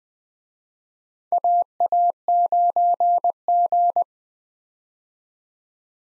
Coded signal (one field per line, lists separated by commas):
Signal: Morse code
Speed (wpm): 20 wpm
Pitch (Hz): 700 Hz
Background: none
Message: AA9G